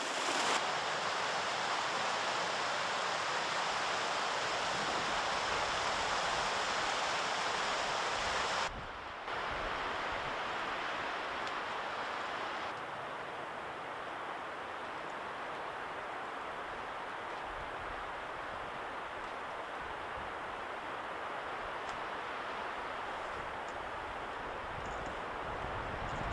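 A steady, dense rushing roar fills the mountain forest, like fast water or wind, dipping briefly near nine seconds and softening slightly after thirteen.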